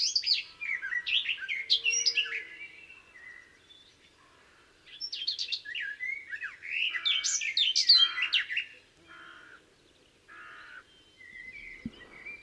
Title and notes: Observation sonore - La Fauvette des jardins. Rencontre avec la Fauvette des jardins (Sylvia borin)